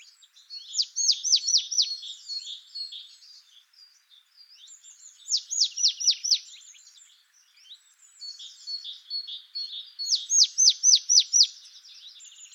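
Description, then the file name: Marsh tit calling in three bursts of rapid, sharp descending high notes, with softer twittering between. "Poecile palustris"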